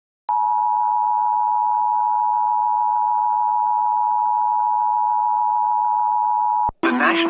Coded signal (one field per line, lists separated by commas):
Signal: Emergency Alert System (SAME) tones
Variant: 853 and 960 Hz attention tone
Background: speech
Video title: TV at work EAS compilation (EAS 840-843) August 1, 2021 TV has no EAS audio, just scroll.